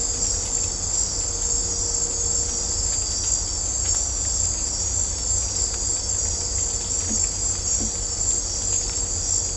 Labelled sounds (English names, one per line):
none